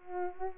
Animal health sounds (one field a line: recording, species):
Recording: mosquito wingbeat signal from an infrared sensor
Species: Culex pipiens